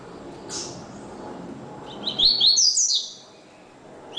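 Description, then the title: Double-collared seedeater song: one quick burst of high twittering, slurred notes after a lone high note, over a soft low background hiss. "Canto Coleiro"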